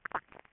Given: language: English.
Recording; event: throat vibration sensor signal played as sound; swallow